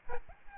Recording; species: mosquito wingbeat signal from an infrared sensor; Aedes albopictus